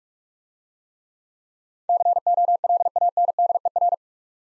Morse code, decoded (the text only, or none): COLANDER